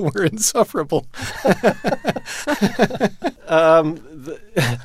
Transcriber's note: soundbite of laughter